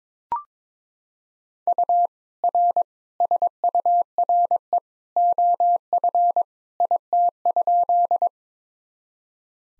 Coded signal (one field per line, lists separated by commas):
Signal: Morse code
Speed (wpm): 22 wpm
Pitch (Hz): 700 Hz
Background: none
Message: U R SURE OF IT?